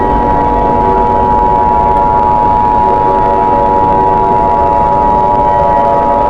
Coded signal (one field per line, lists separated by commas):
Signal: Emergency Alert System (SAME) tones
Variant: 853 and 960 Hz attention tone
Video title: EAS SCENARIO WYOMING'S CATASTROPHE